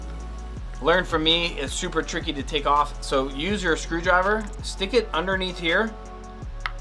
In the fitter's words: and you hear it pop